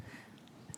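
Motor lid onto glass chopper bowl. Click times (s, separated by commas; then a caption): 0.7 s. The motor lid of a 300-watt electric chopper is set onto its glass chopper bowl. After a low, quiet stretch with faint ticks near 0.4 and 0.5 seconds, a sharp, bright click sounds at 0.8 seconds. The lid locks into place.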